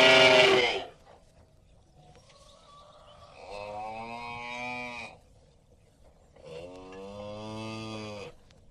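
Cow mooing: two long, low, droning moos with a short pause between them, after a brief loud sound at the start.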